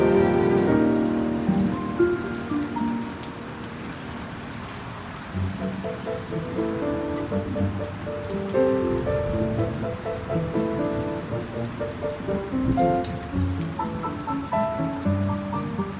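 Piano music plays over a steady hiss of rainfall. The notes ring out slowly in the low and middle range, quieting briefly around three to five seconds before fuller chords return. The rain stays constant underneath throughout.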